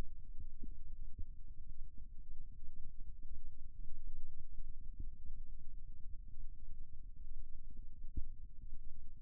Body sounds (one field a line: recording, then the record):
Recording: forearm muscle sounds (acoustic myography)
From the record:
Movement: rest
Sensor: system 2, bracelet of six BSWA MPA416 microphones around the upper forearm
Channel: 3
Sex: male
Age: 22 years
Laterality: right